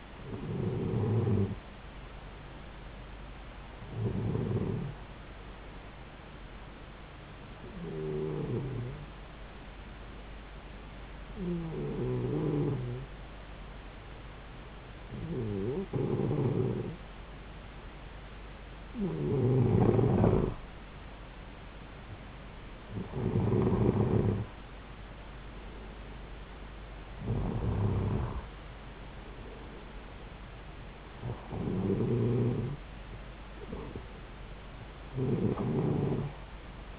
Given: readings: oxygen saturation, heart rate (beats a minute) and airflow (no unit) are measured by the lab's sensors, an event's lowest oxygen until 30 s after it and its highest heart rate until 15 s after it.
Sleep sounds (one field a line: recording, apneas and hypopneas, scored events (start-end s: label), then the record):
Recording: breathing in sleep by a voice recorder at the bedside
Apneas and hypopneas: 1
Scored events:
7.00-21.60 s: hypopnea (N2, oxygen 94% highest, then 91% lowest)
From the record:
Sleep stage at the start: N2 (light sleep)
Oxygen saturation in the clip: 91 to 94%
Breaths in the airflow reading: 10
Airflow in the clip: -3.9 to 3.6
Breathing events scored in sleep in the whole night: 270 in 6.1 hours asleep